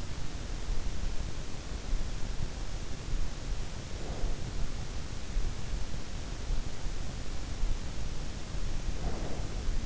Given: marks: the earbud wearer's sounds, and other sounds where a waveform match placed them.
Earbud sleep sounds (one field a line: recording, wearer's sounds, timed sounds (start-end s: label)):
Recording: sounds in sleep by an in-ear microphone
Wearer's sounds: breath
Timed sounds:
3.67-4.78 s: breath
8.87-9.85 s: breath